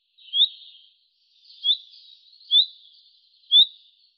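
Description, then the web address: Bird calls: four quick upward-sweeping notes about a second apart, linked by soft high buzzing. "Deverinetal 2025 Bird Fr Co"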